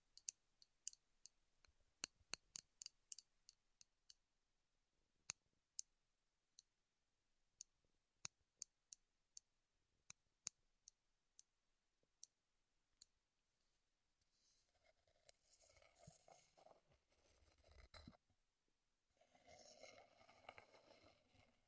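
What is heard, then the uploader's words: Wooden ASMR sounds: for the first thirteen seconds, crisp, isolated wooden clicks and taps land at an uneven pace, about one or two a second, with silence between. After that, a denser scraping and rustling texture takes over, pausing briefly near nineteen seconds before resuming. ASMR Wood Triggers in Your Ears (No Talking).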